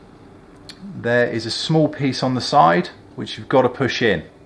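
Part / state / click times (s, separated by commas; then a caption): side locking piece into a connector block for a regulator rectifier / not seated / none. Someone talks while handling a multi-pin connector block for a regulator rectifier, with crimped terminals already in it. The small plastic locking piece on its side is about to be pushed in to secure them. There is a brief faint tap at 0.7 s, but the locking piece has not been pushed home and nothing has clicked yet.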